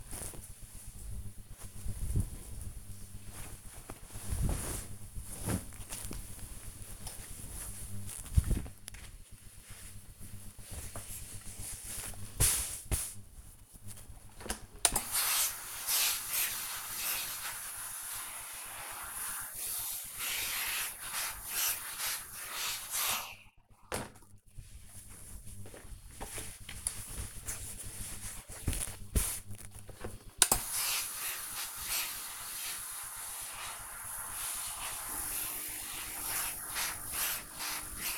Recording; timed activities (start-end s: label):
household activities, microphone on the right wrist
13.22-38.17 s: ironing laundry